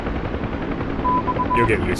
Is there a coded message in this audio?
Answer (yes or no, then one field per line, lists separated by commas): no